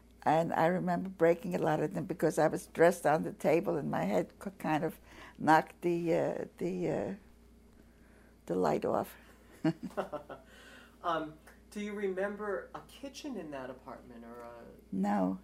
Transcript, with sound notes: And I remember breaking a lot of them because I was dressed on the table and my head kind of knocked the — the — the light off.
[Laughs] Do you remember a kitchen in that apartment or a —
No.